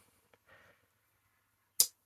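The clip point blade of an Old Timer Barlow 280OT slipjoint pocket knife is opened or closed against its backspring, with a faint tick and a soft scraping rustle of the blade moving early on. It snaps into place with a single sharp metallic click at 1.8 s, showing the same crisp snap as the small blade.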